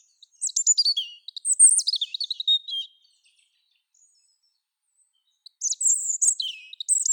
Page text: Птицы-целители - Зарянка (Erithacus rubecula)